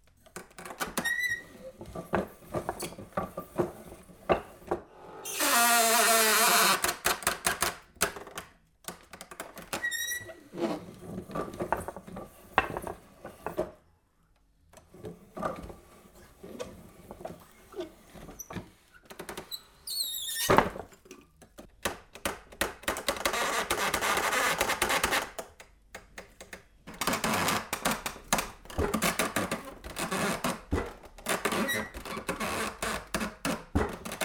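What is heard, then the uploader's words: A wooden vise is worked, with rapid clattering taps, a bright squeak near five seconds, and louder scraping bursts around twenty-five seconds. PH - Woodworking, Wooden Vise by Phonophilist.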